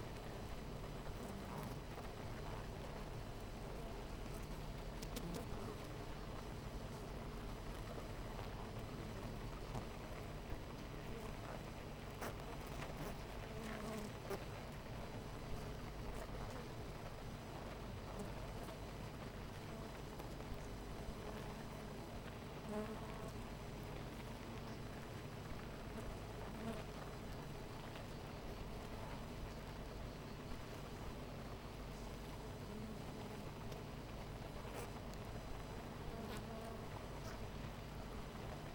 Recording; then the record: honeybee colony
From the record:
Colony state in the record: missing queen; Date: 14 July 2017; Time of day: 9:50